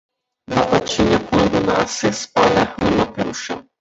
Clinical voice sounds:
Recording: short text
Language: Brazilian Portuguese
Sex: male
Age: 20 to 29 years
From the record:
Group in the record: control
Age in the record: 28 years

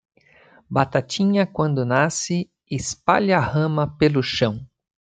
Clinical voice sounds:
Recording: short text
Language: Brazilian Portuguese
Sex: male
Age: 50 to 59 years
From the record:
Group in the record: control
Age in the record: 55 years

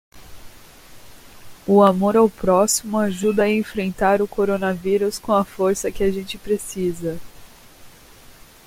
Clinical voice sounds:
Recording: spoken sentence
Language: Brazilian Portuguese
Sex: female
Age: 30 to 39 years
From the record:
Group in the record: control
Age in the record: 30 years

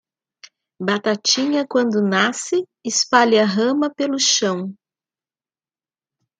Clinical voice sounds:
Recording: short text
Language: Brazilian Portuguese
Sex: female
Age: 50 to 59 years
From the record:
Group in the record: control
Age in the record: 55 years

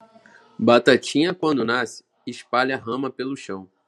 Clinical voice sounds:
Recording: short text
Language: Brazilian Portuguese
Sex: male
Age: 20 to 29 years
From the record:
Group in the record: control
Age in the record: 20 years

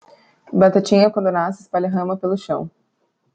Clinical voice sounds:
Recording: short text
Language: Brazilian Portuguese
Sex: female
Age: 20 to 29 years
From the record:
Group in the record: control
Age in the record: 23 years

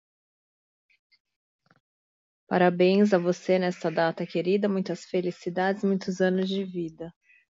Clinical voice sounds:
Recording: short text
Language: Brazilian Portuguese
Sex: female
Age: 40 to 49 years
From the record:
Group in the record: control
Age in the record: 44 years

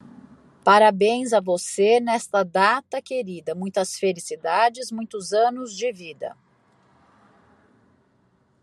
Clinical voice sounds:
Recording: short text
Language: Brazilian Portuguese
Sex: female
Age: 50 to 59 years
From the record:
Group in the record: control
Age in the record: 53 years

